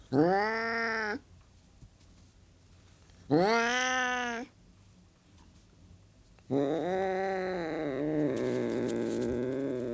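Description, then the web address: Burmese cat producing three strained yowls, the last one long and wavering with a rough, breathy edge toward its end. Burmese domestic cat; the recording is described as hissing and growling. "The BBC Sound Effects Library - Complete 60 CDs Collection. Burmese Cat Hissing And Growling"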